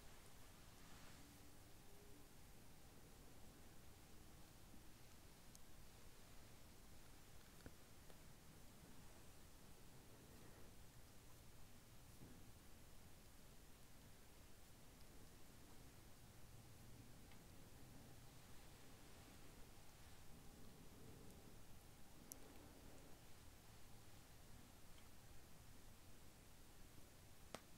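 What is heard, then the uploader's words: Hands being massaged make a soft, continuous rustle of skin rubbing on skin, steady in loudness throughout. A low, even hiss sits underneath, with a faint hum and a few small clicks or taps scattered at irregular moments. Hand Massage.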